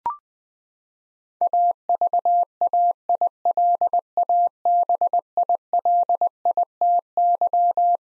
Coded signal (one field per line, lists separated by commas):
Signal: Morse code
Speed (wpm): 21 wpm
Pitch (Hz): 700 Hz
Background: none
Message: AVAILABILITY